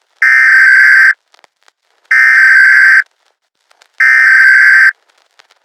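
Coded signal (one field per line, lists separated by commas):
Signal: Emergency Alert System (SAME) tones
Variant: header bursts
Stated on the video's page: EAS scenario, possibly based on real events, made with valid tones.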